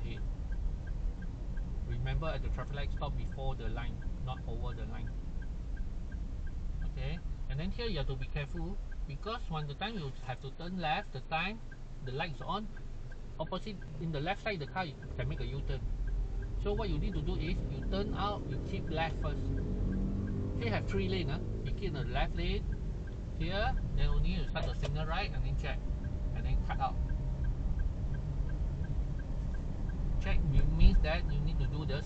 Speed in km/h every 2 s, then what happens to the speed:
25, 25, 19, 12, 2, 0, 0, 6, 11, 15, 14, 16, 20, 25, 29, 34.
0-8 slows to 2. 8-13 standing. 13-32 pulls away to 34.